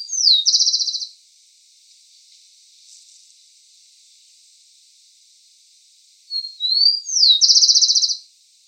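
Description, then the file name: Rufous-collared sparrow singing twice, each song a few high slurred whistles followed by a rapid, buzzy trill, with about five seconds of quiet between songs. "CHINGOLO"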